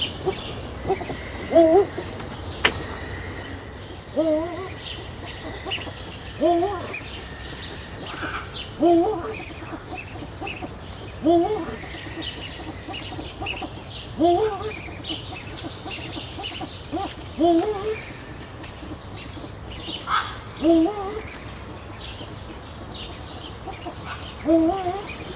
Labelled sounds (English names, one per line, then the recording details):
Eurasian Eagle-owl call
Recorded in captivity
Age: adult
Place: Zoo Schwerin, Mecklenburg-Vorpommern, DE
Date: 1982-06-15 18:17
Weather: wolkig-heiter, 17°C
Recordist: Tembrock, Günter